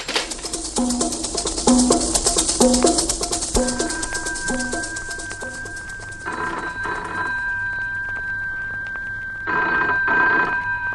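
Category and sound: signal or alarm, telephone ringing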